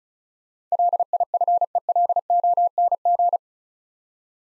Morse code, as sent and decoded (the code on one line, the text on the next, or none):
.-.. .. ..-. . .-.. --- -. --.
LIFELONG